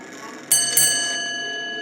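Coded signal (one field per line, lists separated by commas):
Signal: ship's bell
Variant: ship's bell clock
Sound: two quick bell strikes as a pair, long ringing decay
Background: clock ticking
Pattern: 2 strikes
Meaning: Two bells marks 9:00 in the watch system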